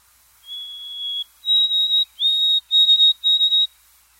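Bird giving pure whistled notes: one long steady tone, then a series of shorter, slightly higher whistles with brief gaps, in an otherwise quiet background.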